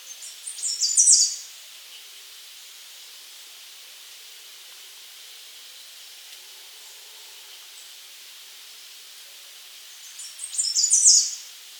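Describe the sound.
Bird call: two bursts of high, harsh, chattering notes, one at the start and one near the end, separated by about ten seconds of steady hiss.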